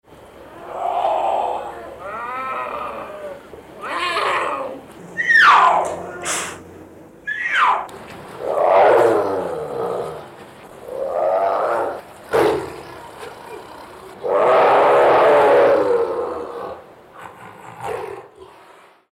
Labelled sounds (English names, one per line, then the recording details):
Puma
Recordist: Tembrock, Günter
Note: Rufe eines Paares